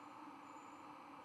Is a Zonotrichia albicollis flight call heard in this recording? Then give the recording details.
no. No flight call is heard. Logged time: 23:15 on 4 November 2014